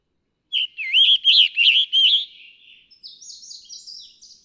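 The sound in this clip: Scarlet tanager song: several hoarse, burry phrases in quick succession, followed by a fainter run of thin, buzzy, higher notes.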